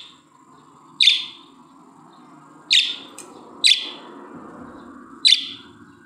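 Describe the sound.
Budgerigar chirps, four sharp high calls spaced irregularly about one to two seconds apart over a steady low hum.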